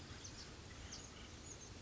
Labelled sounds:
Oak Titmouse
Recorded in Sonoma County, California

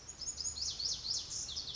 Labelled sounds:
Pacific Wren
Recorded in Sonoma County, California

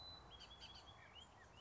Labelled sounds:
Bullock's Oriole
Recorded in Sonoma County, California

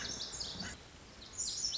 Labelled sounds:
Lazuli Bunting
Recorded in Sonoma County, California

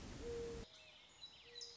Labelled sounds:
Mourning Dove
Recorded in Sonoma County, California

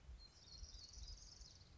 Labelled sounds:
Orange-crowned Warbler
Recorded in Sonoma County, California

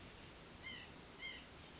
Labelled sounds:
White-breasted Nuthatch
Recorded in Sonoma County, California

